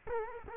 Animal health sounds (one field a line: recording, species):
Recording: mosquito wingbeat signal from an infrared sensor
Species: Culex quinquefasciatus